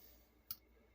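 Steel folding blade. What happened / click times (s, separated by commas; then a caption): The blade snapped into its detent stop / 0.5 s. A pocket knife blade is moved and clicks into the half-stop detent of its slip joint, with one sharp, bright click at 0.5 s over quiet background. The blade pops right back into the half stop and is seated there.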